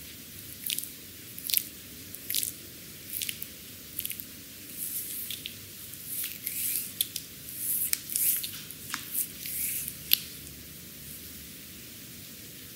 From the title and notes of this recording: ASMR Chinese Back Massage with bamboo brooms. What wonderful sounds of oil and bamboo sticks.